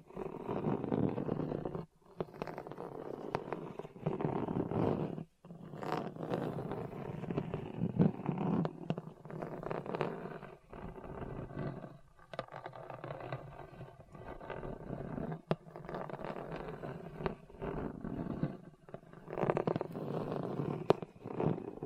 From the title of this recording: Hard and Bumpy Surface Scratching